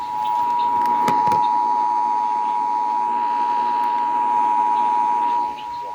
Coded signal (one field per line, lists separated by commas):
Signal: Emergency Alert System (SAME) tones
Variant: 853 and 960 Hz attention tone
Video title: Minnesota Required Monthly Test EAS 728-733